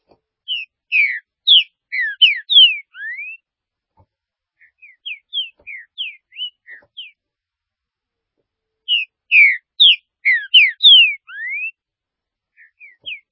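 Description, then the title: Green-winged saltator song: vigorous whistled phrases of downslurred notes with a rising final note, followed by softer, spaced whistles, then the loud phrase again. "Trinca Ferro"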